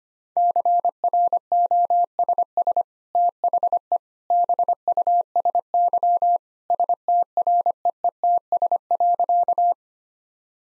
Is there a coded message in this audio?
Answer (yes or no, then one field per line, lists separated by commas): yes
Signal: Morse code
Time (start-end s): 0.4-9.7 s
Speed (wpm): 25 wpm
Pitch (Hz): 700 Hz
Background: none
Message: CROSS THE BUSY STREETS.